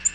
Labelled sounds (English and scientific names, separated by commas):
Tennessee Warbler (Leiothlypis peregrina) flight call